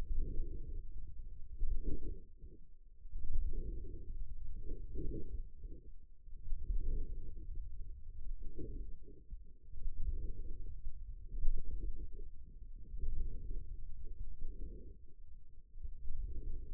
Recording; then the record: forearm muscle sounds (acoustic myography)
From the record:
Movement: radial deviation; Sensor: system 2, bracelet of six BSWA MPA416 microphones around the upper forearm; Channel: 3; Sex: male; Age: 22 years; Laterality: right